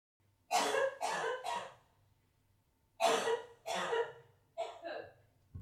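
An adult coughs in three short bouts: three coughs, a pause, two coughs, then two more.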